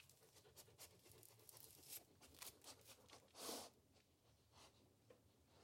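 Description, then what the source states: Dog sniffing in quick, breathy bursts, with a louder puff near the middle and soft clicking sounds throughout. Dog eating dry food and sniffing.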